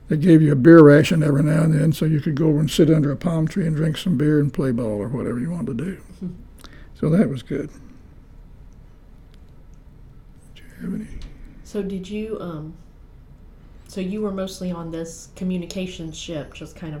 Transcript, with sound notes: They gave you a beer ration every now and then so you could go over and sit under a palm tree and drink some beer and play ball, or whatever you wanted to do, so that was good. (whispers) Do you have any…
So did you…so you were mostly on this communication ship, which was kind off…